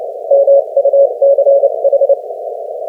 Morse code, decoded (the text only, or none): MUCH